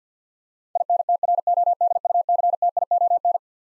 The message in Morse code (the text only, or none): INTRODUCTION